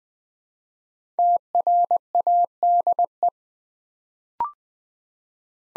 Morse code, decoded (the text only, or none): TRADE